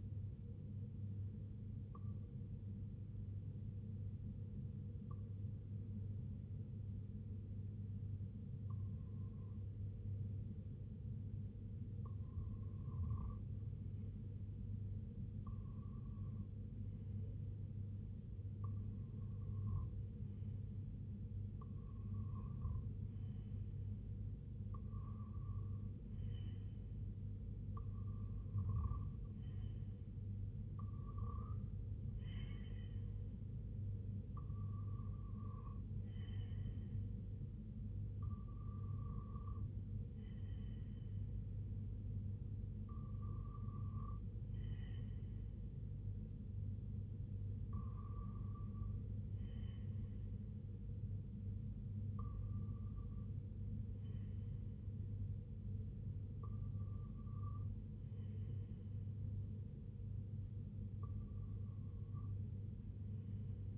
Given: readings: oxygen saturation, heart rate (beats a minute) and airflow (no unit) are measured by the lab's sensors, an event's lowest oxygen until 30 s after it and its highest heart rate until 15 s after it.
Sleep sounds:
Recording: breathing in sleep by a smartphone at the bedside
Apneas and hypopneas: none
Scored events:
none scored
From the record:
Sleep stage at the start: REM sleep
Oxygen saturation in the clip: 93 to 96%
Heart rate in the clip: 64 to 79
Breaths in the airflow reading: 15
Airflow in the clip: -8.5 to 4.3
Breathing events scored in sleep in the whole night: 258 in 7.4 hours asleep

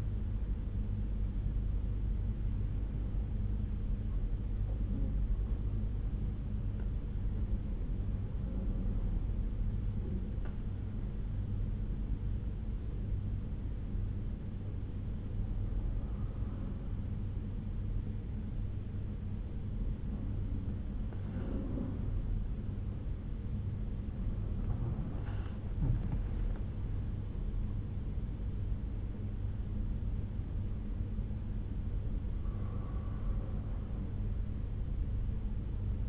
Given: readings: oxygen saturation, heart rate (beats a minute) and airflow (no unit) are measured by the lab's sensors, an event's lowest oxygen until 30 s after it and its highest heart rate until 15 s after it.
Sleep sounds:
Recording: breathing in sleep by a smartphone at the bedside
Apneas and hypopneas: 1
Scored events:
10.00-28.20 s: hypopnea (N2, oxygen 95% highest, then 87% lowest, heart rate 61 at the start, 75 highest)
From the record:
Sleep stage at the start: N2 (light sleep)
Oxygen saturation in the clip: 89 to 95%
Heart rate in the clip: 61 to 75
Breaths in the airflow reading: 4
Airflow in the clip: -8.3 to 9.2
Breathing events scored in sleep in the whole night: 368 in 8.0 hours asleep

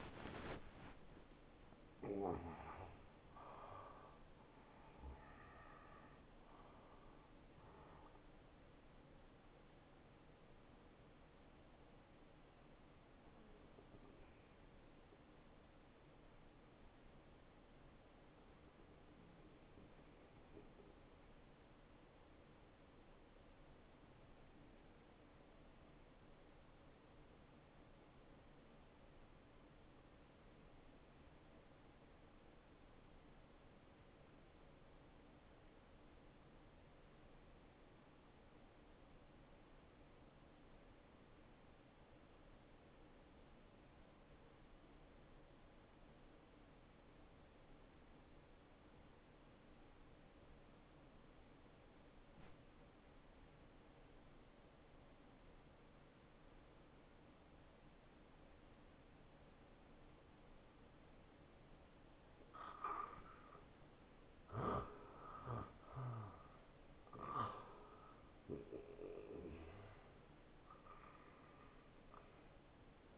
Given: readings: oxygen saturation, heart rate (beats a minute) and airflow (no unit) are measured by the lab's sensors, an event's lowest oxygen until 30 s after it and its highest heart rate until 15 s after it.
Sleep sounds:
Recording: breathing in sleep by a voice recorder at the bedside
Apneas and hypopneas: 1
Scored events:
17.00-62.50 s: hypopnea (N1, oxygen 96% highest, then 86% lowest, heart rate 70 at the start, 75 highest)
From the record:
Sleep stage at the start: N1 (lightest sleep)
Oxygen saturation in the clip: 80 to 96%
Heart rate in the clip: 61 to 86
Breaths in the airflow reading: 17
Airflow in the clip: -15.2 to 12.5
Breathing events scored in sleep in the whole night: 263 in 5.5 hours asleep

